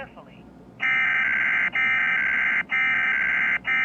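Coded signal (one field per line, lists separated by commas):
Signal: Emergency Alert System (SAME) tones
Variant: header bursts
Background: speech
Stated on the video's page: EAS alert glitch received on a Victor Reader Trek.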